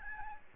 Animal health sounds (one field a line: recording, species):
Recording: mosquito wingbeat signal from an infrared sensor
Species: Aedes albopictus